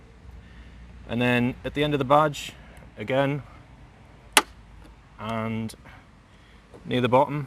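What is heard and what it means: On a 2022 BMW G80 M3 xDrive, a wide trim tool is pushed in at the end of the badge on the front fender (wing) insert during a carbon replacement install, until the insert's clip releases. Someone talks before and after a single sharp, loud click at 4.4 s as the clip clicks free.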